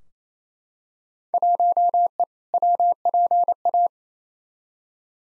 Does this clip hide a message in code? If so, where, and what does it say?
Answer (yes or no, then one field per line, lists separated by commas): yes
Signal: Morse code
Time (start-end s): 1.3-3.9 s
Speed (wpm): 28 wpm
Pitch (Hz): 700 Hz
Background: none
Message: 1E WPA